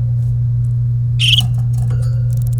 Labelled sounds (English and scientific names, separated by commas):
Domestic Canary (Serinus canaria) song